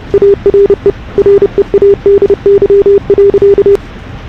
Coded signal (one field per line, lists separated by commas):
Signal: Morse code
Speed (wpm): 24 wpm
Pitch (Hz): 340 Hz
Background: none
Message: ARE READY.